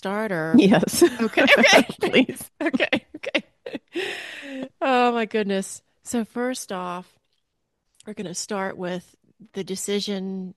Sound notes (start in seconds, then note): 1.0 laughs; 3.0 laughs